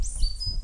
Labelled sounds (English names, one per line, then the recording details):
Stitchbird song
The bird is a male
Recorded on Tiritiri Matangi Island, New Zealand, in 2005
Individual 11, of nest box 13